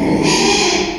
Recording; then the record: squeal of a Yucatan mini pig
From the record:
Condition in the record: after surgery on the right vocal fold (resection and tissue-engineered implant); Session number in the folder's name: 2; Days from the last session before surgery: 13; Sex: male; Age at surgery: 12 weeks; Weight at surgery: 13 kg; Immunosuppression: cyclosporine, prednisolone